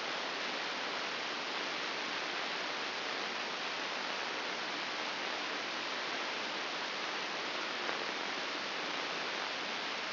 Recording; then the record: brain microelectrode recording played as sound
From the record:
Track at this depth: outside the subthalamic nucleus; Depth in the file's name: 7.26 mm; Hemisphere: left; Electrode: 2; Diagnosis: Parkinson's disease